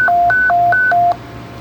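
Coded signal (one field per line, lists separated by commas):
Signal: roger beep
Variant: Stryker roger beep setting 5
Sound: quick two-tone warble, high and low alternating three times, then a burst of hiss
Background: radio static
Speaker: pretty much what you're looking for anyway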